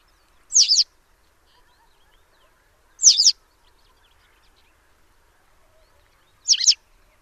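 Bird calls, three short high sharp chirps spaced a few seconds apart in otherwise quiet surroundings.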